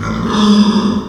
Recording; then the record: squeal of a Yucatan mini pig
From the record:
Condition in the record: after surgery on the right vocal fold (resection and tissue-engineered implant); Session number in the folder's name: 17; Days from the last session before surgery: 195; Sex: female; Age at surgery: 19 weeks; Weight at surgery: 25 kg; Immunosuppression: prednisolone